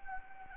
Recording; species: mosquito wingbeat signal from an infrared sensor; Anopheles gambiae